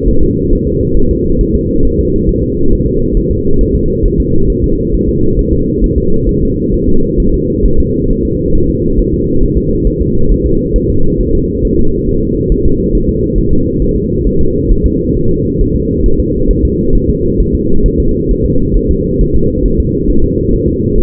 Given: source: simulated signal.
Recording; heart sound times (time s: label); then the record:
fetal heart sounds
0.08 s: S1
0.23 s: S2
0.53 s: S1
0.67 s: S2
0.97 s: S1
1.11 s: S2
1.41 s: S1
1.55 s: S2
1.85 s: S1
2.00 s: S2
2.29 s: S1
2.43 s: S2
2.73 s: S1
2.87 s: S2
3.17 s: S1
3.31 s: S2
3.61 s: S1
3.75 s: S2
4.05 s: S1
4.20 s: S2
4.50 s: S1
4.64 s: S2
4.94 s: S1
5.09 s: S2
5.39 s: S1
5.53 s: S2
5.84 s: S1
5.98 s: S2
6.29 s: S1
6.43 s: S2
6.74 s: S1
6.89 s: S2
7.20 s: S1
7.34 s: S2
7.65 s: S1
7.80 s: S2
8.11 s: S1
8.25 s: S2
8.55 s: S1
8.69 s: S2
8.99 s: S1
9.14 s: S2
9.43 s: S1
9.58 s: S2
9.87 s: S1
10.01 s: S2
10.32 s: S1
10.46 s: S2
10.76 s: S1
10.90 s: S2
11.21 s: S1
11.35 s: S2
11.65 s: S1
11.79 s: S2
12.09 s: S1
12.23 s: S2
12.52 s: S1
12.66 s: S2
12.95 s: S1
13.09 s: S2
13.38 s: S1
13.53 s: S2
13.82 s: S1
13.96 s: S2
14.27 s: S1
14.41 s: S2
14.71 s: S1
14.86 s: S2
15.17 s: S1
15.31 s: S2
15.61 s: S1
15.76 s: S2
16.06 s: S1
16.20 s: S2
16.50 s: S1
16.65 s: S2
16.95 s: S1
17.10 s: S2
17.40 s: S1
17.55 s: S2
17.86 s: S1
18.00 s: S2
18.31 s: S1
18.46 s: S2
18.77 s: S1
18.91 s: S2
19.21 s: S1
19.36 s: S2
19.66 s: S1
19.80 s: S2
20.10 s: S1
20.24 s: S2
20.54 s: S1
20.68 s: S2
20.98 s: S1
From the record:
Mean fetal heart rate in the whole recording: 135 bpm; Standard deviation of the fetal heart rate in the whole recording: 3 bpm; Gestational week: 36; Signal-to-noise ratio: -17.7 dB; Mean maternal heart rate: 72 bpm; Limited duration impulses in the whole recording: present